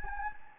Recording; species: mosquito wingbeat signal from an infrared sensor; Anopheles gambiae